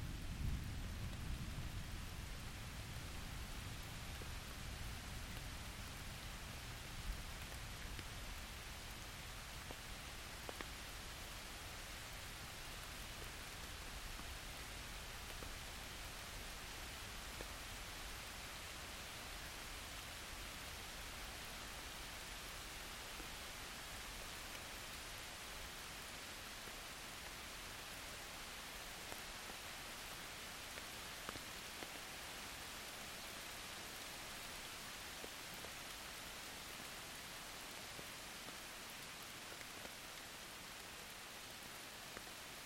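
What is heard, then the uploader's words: Soft rain falls steadily throughout, a dense, even hiss with occasional drips ticking through around ten and thirty seconds. A deep rumble of thunder is fading away at the opening and dies out within the first few seconds, leaving only the rain. Soft rain and loud thunder in the Surrey Hills - captured with Zoom F3 and DPA 6060 microphones. Original recording was clipped but since it was recorded in 32 bit I was able to recover the lost dynamics and add compression in post.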